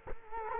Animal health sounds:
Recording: mosquito wingbeat signal from an infrared sensor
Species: Culex quinquefasciatus

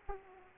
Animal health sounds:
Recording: mosquito wingbeat signal from an infrared sensor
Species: Aedes aegypti

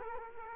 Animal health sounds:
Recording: mosquito wingbeat signal from an infrared sensor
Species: Culex quinquefasciatus

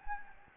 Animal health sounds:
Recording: mosquito wingbeat signal from an infrared sensor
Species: Anopheles gambiae

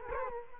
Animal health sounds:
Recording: mosquito wingbeat signal from an infrared sensor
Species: Culex quinquefasciatus

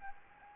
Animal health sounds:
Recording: mosquito wingbeat signal from an infrared sensor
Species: Anopheles gambiae

